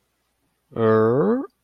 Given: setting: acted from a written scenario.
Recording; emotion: vocal sound without words; embarrassment